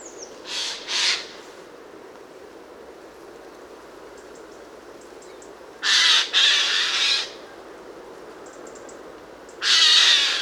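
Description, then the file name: Eurasian jay uttering loud, hoarse screeching calls in scattered groups, a pair early, then longer rasps after pauses, over constant background noise. "Garrulus glandarius"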